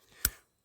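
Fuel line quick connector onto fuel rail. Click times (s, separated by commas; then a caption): 0.2 s. A fuel line quick-connect fitting is pushed onto the fuel rail of a 2014 Silverado during a repair for a misfire caused by a blown GDI fuel injector seal. A single sharp, bright click sounds at 0.3 s against near silence, then fades quickly. The connector is fully clipped in, confirmed by pulling on it.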